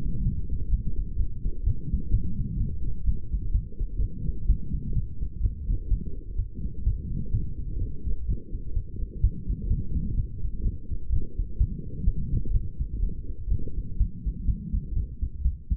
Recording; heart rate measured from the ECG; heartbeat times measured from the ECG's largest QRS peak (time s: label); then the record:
heart sounds by stethoscope; 126 bpm
0.25 s: heartbeat
0.71 s: heartbeat
1.18 s: heartbeat
1.66 s: heartbeat
2.12 s: heartbeat
2.59 s: heartbeat
3.06 s: heartbeat
3.53 s: heartbeat
4.01 s: heartbeat
4.48 s: heartbeat
4.95 s: heartbeat
5.43 s: heartbeat
5.90 s: heartbeat
6.38 s: heartbeat
6.85 s: heartbeat
7.33 s: heartbeat
7.80 s: heartbeat
8.28 s: heartbeat
8.75 s: heartbeat
9.22 s: heartbeat
9.69 s: heartbeat
10.16 s: heartbeat
10.64 s: heartbeat
11.11 s: heartbeat
11.59 s: heartbeat
12.06 s: heartbeat
12.53 s: heartbeat
13.02 s: heartbeat
13.50 s: heartbeat
13.99 s: heartbeat
14.47 s: heartbeat
14.95 s: heartbeat
15.44 s: heartbeat
From the record:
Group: healthy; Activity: light exercise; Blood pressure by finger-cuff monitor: 147/82 mmHg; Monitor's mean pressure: 100 mmHg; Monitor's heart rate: 127 bpm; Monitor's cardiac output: 10.5 L/min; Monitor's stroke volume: 82 mL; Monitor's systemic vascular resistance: 740 dyn s/cm5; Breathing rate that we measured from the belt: 24 breaths a minute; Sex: female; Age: 22 years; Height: 163 cm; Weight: 67.1 kg